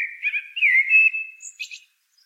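Common blackbird giving a short fluted whistle phrase that slides and wavers, followed by a brief high, thin twitter.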